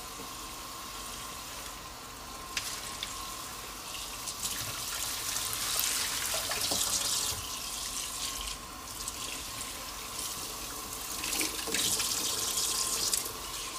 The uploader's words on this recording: ASMR Washing and Drying Large Bowl.